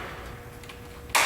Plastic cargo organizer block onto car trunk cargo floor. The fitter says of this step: and they just pop into place okay then you can set them down form